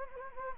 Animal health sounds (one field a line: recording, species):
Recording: mosquito wingbeat signal from an infrared sensor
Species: Anopheles gambiae